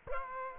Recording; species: mosquito wingbeat signal from an infrared sensor; Culex quinquefasciatus